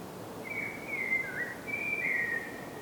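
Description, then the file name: Common blackbird giving mellow whistled notes, a sliding, warbling phrase that dips and rises, followed by a second flute-like phrase. "Turdus merula"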